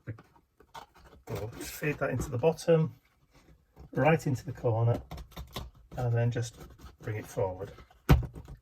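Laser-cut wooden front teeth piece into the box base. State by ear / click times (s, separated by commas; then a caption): seated / 8.1 s. A laser-cut wooden front teeth piece is fed into the bottom corner of a pumpkin storage box's base and brought forward while someone talks. A sharp click at 8.1 seconds marks the piece seating into its slot.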